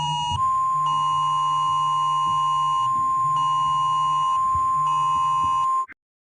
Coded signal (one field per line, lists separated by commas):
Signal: Emergency Alert System (SAME) tones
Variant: 1050 Hz attention tone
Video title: My first eas alarms in Africa (104th overall)